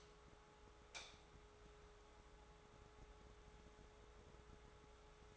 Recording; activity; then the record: daily activity, microphone in the room; light on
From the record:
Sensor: 3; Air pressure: 1010.2 hPa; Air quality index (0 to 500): 168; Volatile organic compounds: 9 ppm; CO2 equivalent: 2189 ppm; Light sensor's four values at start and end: 47/118/51/57 and 50/126/55/60